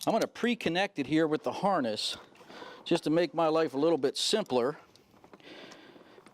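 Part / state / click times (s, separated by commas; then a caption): wiring harness connector into airbag control module / seated / 6.3 s. Someone talks, then a wiring harness connector is pushed onto a new plastic SRS airbag control module before the module is mounted, with faint handling noises around 5.2 to 5.4 seconds. The connector clicks in at 6.3 seconds, and it is seated.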